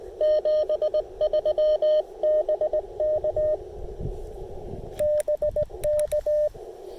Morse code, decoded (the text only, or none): 73 BK BK